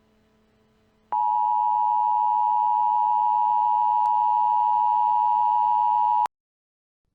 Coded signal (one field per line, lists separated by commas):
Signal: Emergency Alert System (SAME) tones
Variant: 853 and 960 Hz attention tone